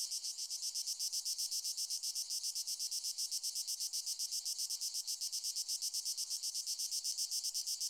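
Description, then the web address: Cicada song: a continuous shrill buzzing drone, evenly and rapidly pulsed throughout, with no other sounds. "cicadidae plebejus"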